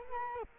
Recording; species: mosquito wingbeat signal from an infrared sensor; Culex quinquefasciatus